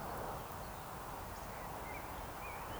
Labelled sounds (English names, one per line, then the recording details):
Eurasian Woodcock
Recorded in Baden-Württemberg, Germany, on 13 June 2020 at 19:36 UTC
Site 43791, 788 m above sea level